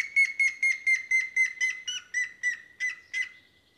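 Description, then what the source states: Grey-headed Woodpecker whistled call, a single series of about a dozen clear whistles that slow down and fall slightly in pitch. Whistled call, presented as the sound to learn for identifying the species.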